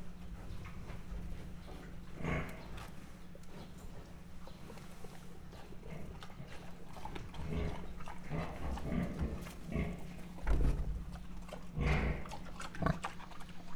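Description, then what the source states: Mangalica pig grunting softly and irregularly, a few low rasping bursts among quieter rustles, with a steady background hum. Standard Mangalica pig grunting, recorded close up at Miskolc Zoo in 2009.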